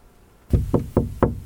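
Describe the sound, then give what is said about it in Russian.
Five firm knocks on a door follow a moment of quiet, landing in a quick, steady rhythm. Each is a dull, low wooden thud, and no voices are heard. “«Входи, Петька!» — крикнул Чапаев в ответ на мой стук.”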